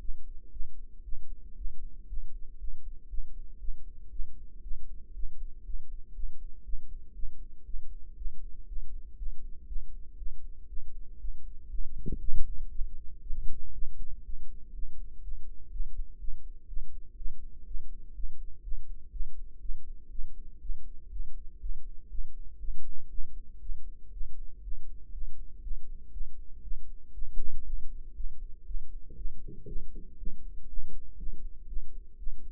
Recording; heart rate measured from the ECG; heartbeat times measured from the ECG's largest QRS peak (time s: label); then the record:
heart sounds by microphone in the right ear; 119 bpm
0.51 s: heartbeat
1.03 s: heartbeat
1.56 s: heartbeat
2.08 s: heartbeat
2.59 s: heartbeat
3.09 s: heartbeat
3.59 s: heartbeat
4.10 s: heartbeat
4.62 s: heartbeat
5.14 s: heartbeat
5.64 s: heartbeat
6.14 s: heartbeat
6.64 s: heartbeat
7.14 s: heartbeat
7.65 s: heartbeat
8.16 s: heartbeat
8.67 s: heartbeat
9.17 s: heartbeat
9.67 s: heartbeat
10.17 s: heartbeat
10.68 s: heartbeat
11.19 s: heartbeat
11.69 s: heartbeat
12.19 s: heartbeat
12.70 s: heartbeat
13.21 s: heartbeat
13.73 s: heartbeat
14.24 s: heartbeat
14.73 s: heartbeat
15.22 s: heartbeat
15.71 s: heartbeat
16.19 s: heartbeat
16.67 s: heartbeat
17.16 s: heartbeat
17.65 s: heartbeat
18.14 s: heartbeat
18.62 s: heartbeat
19.11 s: heartbeat
19.60 s: heartbeat
20.09 s: heartbeat
20.60 s: heartbeat
21.10 s: heartbeat
21.60 s: heartbeat
22.09 s: heartbeat
22.59 s: heartbeat
23.09 s: heartbeat
23.60 s: heartbeat
24.11 s: heartbeat
24.62 s: heartbeat
25.12 s: heartbeat
25.62 s: heartbeat
26.11 s: heartbeat
26.62 s: heartbeat
27.12 s: heartbeat
27.64 s: heartbeat
28.14 s: heartbeat
28.65 s: heartbeat
29.16 s: heartbeat
29.66 s: heartbeat
30.17 s: heartbeat
30.67 s: heartbeat
31.17 s: heartbeat
31.67 s: heartbeat
32.17 s: heartbeat
From the record:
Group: healthy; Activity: rest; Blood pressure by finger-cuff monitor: 148/78 mmHg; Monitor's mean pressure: 95 mmHg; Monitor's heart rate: 119 bpm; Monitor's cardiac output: 9.3 L/min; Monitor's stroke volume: 78 mL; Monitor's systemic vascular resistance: 740 dyn s/cm5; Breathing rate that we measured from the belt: 19 breaths a minute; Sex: female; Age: 19 years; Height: 163 cm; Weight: 51 kg